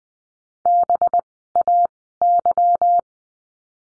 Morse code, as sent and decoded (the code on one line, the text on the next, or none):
-... .- -.--
BAY